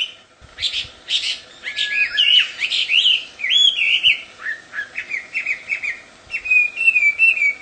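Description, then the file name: Chinese hwamei song, a loud continuous stream of varied whistled phrases, slurred upward and downward notes with some harsher chatter, over a faint steady hum. Wild bird singing in its natural habitat. "audio kicauan burung hwamei di alam liar. omkicau"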